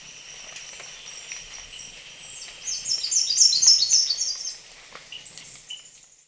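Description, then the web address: Slate-throated whitestart song, a quick series of high, bright notes over a steady insect hum. Recorded in Ecuador. "Natures Songs S America Birds of Ecuador Slate-throated Whitestart"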